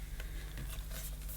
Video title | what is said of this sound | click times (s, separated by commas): Miele Boost CX1 Cat & Dog Vacuum Cleaner Unboxing & First Look | wand clicks in nice positive | 0.2 s